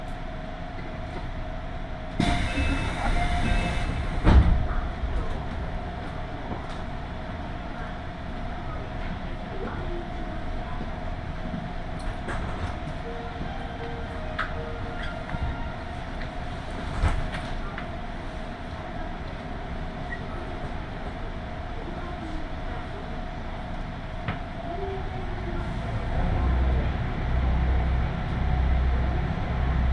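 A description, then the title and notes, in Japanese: Onboard a Tokaido Line local train running from Toyohashi toward Nishi-Okazaki, with a steady low rumble and a constant mid-pitched whine. A brief hissing burst comes near the start, scattered clicks and knocks follow, and the rumble deepens near the end. 東海道本線各駅停車 豊橋→西岡崎。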